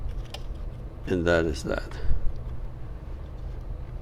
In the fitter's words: an eighth of a turn for them to lock into place